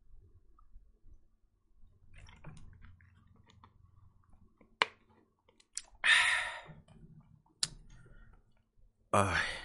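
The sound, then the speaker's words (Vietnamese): Someone takes a sip of water: soft mouth clicks and low handling rumble, then a few sharp airy bursts of slurping and breathing out, with no talking. “Đợi mình chút, mình uống hớp nước cái.”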